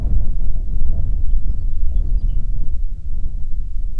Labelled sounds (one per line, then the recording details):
songbird
wind
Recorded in the Prudhoe Bay oil fields, Alaska, on 6 June 2019 at 03:52
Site 16